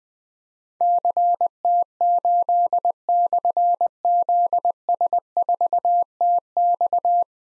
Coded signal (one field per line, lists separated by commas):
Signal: Morse code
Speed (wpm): 20 wpm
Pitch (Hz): 700 Hz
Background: none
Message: CT8/ZS4TX